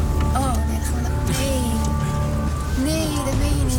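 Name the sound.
rushing water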